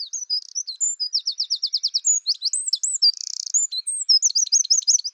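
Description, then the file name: Eurasian wren in loud, rapid song, mixing high piping notes, a quick repeated trill and a dry buzzy rattle, with the song continuing without pause. "Troglodytes troglodytes"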